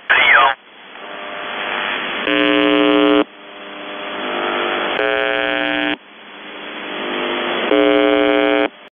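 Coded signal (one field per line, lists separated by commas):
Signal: numbers station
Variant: UVB-76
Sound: three harsh low buzzes, each about one second, with hissy static between them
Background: radio static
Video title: The Buzzer/UVB-76(4625Khz) July 5, 2021 08:06UTC Voice message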